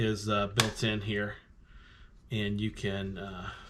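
Someone talks while handling a folding plastic part, possibly the antenna or handle, on a Radiomaster Zorro handheld radio transmitter with built-in ExpressLRS; the part folds so the radio fits in a bag. Speech fills most of the clip, with a quieter gap of faint, low sound in the middle. The part is being opened but nothing has seated or clicked into place yet.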